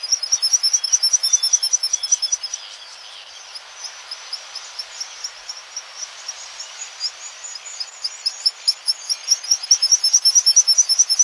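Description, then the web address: Black guillemot calling: shrill, high, rapidly pulsed whistling trill, a lull with faint twitters for several seconds, then the piercing trill starts again and builds. North America. "Songs of Birds of North America Stokes. Black Guillemot"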